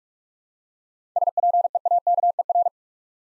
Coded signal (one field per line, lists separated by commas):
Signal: Morse code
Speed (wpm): 46 wpm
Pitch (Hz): 700 Hz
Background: none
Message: SPEAKER